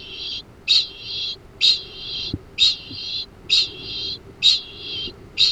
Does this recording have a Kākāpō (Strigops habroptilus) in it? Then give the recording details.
yes. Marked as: faintness 2/5. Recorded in New Zealand. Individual Arab